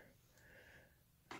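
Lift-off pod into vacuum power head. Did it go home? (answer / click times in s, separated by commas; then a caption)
yes / 1.3 s. A lift-off canister pod of a Bissell PowerLifter Swivel Lift-Off Pet Vacuum is lined up by its two small tabs and pushed onto the plastic vacuum power head. After a second of quiet low rustling, a sharp click at 1.3 s marks the pod snapping and seating into place.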